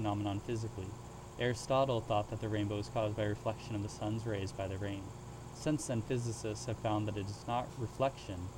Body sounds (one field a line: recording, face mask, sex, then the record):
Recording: reading aloud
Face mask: surgical mask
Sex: male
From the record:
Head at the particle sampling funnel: tilted up or above it, chin in front of it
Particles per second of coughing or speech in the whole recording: 0.0361